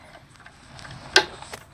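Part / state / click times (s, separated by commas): bobbin case into sewing machine bobbin housing / seated / 1.2 s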